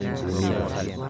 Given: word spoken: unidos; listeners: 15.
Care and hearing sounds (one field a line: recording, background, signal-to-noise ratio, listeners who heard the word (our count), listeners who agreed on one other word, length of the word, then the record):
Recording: one Spanish word in noise, from a listening test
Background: eight-talker babble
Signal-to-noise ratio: -0.2 dB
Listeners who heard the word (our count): 0 of 15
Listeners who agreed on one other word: 7 of 15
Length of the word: 0.69 s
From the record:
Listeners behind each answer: 7, 1, 1, 1, 1, 1, 1, 1, 1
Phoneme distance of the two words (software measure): 24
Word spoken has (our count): 3 syllables, 6 phonemes, stress on syllable 2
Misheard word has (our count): 2 syllables, 6 phonemes, stress on syllable 1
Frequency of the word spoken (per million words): 260.92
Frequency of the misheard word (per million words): 15.44